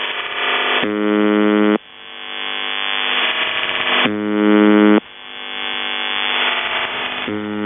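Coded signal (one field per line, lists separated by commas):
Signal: channel marker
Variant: UVB-76, CIS-12 modem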